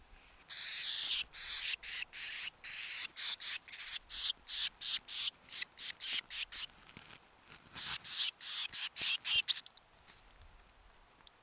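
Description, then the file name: Eurasian blue tit churring in rapid, rasping bursts for most of the run, then a few thin, high, drawn-out notes near the end. "Cyanistes caeruleus"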